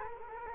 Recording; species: mosquito wingbeat signal from an infrared sensor; Culex quinquefasciatus